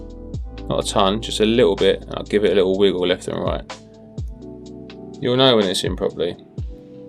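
A small plastic wire harness connector is held over its socket on a flight controller board, pressed lightly and wiggled left and right while someone talks over background music. Nothing has seated or clicked yet; the connector is not home.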